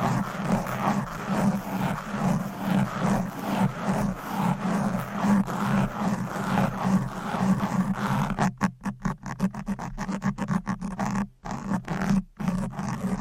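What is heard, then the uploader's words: Fast, aggressive scratching on a microphone, a dense rasping rub with a strong low thud running underneath. The scratching is steady and rapid for about eight seconds, then breaks into choppier strokes with short silent gaps near the end. ASMR Fast and Aggressive Mic Scratching.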